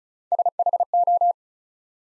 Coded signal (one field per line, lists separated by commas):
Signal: Morse code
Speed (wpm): 36 wpm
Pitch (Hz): 700 Hz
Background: none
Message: SHO